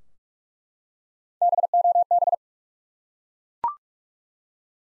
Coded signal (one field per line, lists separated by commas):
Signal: Morse code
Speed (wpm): 46 wpm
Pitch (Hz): 700 Hz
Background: none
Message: BOB